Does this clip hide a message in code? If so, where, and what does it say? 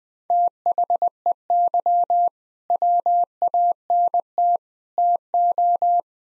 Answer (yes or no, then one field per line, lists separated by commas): yes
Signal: Morse code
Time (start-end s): 0.3-6.0 s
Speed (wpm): 20 wpm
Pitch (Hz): 700 Hz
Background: none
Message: THEY WANT TO